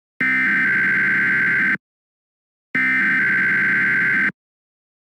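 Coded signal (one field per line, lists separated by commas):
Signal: Emergency Alert System (SAME) tones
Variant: header bursts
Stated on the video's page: KDKA AM random test of the Emergency Alert System.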